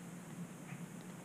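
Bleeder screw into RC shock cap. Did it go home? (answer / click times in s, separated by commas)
no / none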